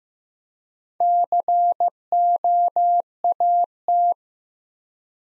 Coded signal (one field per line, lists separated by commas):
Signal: Morse code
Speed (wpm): 15 wpm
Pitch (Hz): 700 Hz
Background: none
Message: COAT